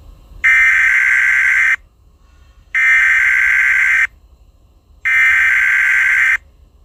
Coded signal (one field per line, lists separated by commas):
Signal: Emergency Alert System (SAME) tones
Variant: header bursts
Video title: EAS SCENARIO 7: Candle Queen Invasion